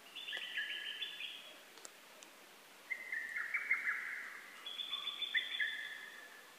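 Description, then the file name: Lesser cuckoo song: three whistled phrases of quick notes, with pauses between them. Recorded on 12 June 2010. "hototogisu 20100612"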